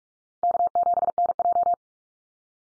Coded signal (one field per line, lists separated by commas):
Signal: Morse code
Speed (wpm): 44 wpm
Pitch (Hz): 700 Hz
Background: none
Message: K7NJ